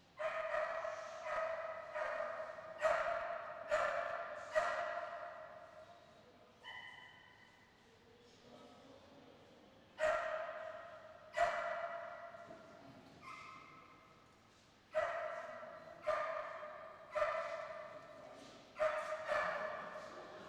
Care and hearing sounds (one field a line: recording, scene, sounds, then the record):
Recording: everyday scene through a hearing-aid microphone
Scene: reverberant space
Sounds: barking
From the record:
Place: railway station hall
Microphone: in the ear canal, left